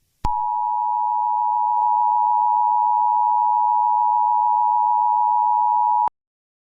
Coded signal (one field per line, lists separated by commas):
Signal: Emergency Alert System (SAME) tones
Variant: 853 and 960 Hz attention tone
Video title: The Turkey Hunters | A Thanksgiving EAS Scenario (Special)